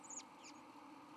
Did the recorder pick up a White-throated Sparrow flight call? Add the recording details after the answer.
no. No flight call is heard. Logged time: 11:21 on 31 October 2014